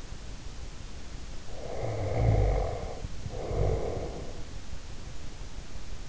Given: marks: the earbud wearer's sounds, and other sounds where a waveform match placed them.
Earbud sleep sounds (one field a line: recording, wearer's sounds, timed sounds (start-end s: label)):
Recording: sounds in sleep by an in-ear microphone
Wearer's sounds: snoring breath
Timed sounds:
1.50-4.59 s: snoring breath